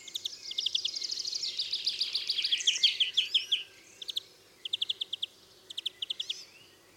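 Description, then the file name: European greenfinch singing fast rolling trills of sharp, high notes, a dense run at first, then short separate bursts of clipped notes with pauses between. "Chloris chloris"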